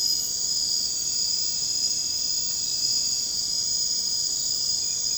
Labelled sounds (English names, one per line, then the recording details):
none
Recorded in secondary vegetation near Puerto Asís, Putumayo, Colombia, on 13 March 2025 at 01:00
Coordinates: 0.484, -76.319
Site G010